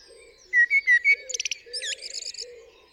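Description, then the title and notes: Common blackbird: four clear whistled notes, then a rapid, thin, trilling twitter of high squeaky syllables trailing off quietly. Singing on the roof of the recordist's studio, UK, 8 April 2020 around 7am, during Covid-19 lockdown; recorded with parabolic dish, MKH50 and MKH30 microphones in M/S, Sonosax R4+ recorder. "Blackbird On A Still Morning. I would like to share this recording I made this morning on the 8th April 2020 around 7am. A Blackbird singing on the roof of my studio"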